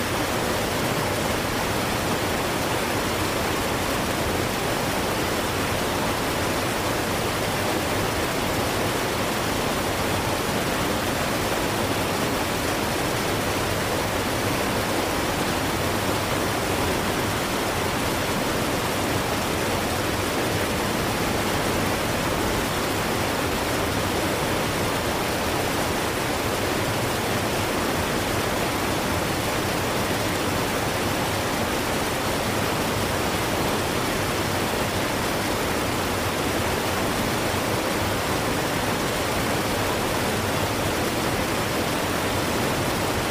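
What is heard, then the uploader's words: A waterfall roars without pause, a dense, even rush of falling water that fills every register from a low rumble to a bright hiss. Nothing changes over the full length; the sound holds at one steady level, close and enveloping, with no other sounds breaking through. Waterfall Sound.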